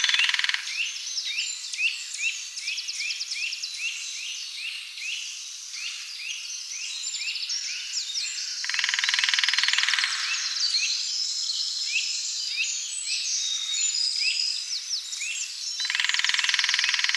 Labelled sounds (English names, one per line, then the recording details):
Lesser Spotted Woodpecker drumming
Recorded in the wild
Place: Waltershofen / Freiburg im Breisgau, Baden-Württemberg, DE
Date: 2008-04-05
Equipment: MiniDisc Sharp MT 20 H
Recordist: Schwarz, Dieter